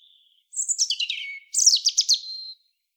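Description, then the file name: European robin giving a soft thin note, then two bright, fluttering high phrases with descending slurs, each about one second long. "Erithacus rubecula"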